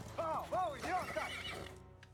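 A horse lets out a loud, quavering whinny that rises and falls in pitch over about two seconds, with rapid hooves clopping underneath before both fade out.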